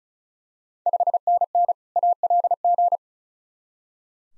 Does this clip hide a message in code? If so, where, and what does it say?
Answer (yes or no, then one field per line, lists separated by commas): yes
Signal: Morse code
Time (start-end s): 0.9-3.0 s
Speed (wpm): 34 wpm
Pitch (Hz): 700 Hz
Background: none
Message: 5NN ALG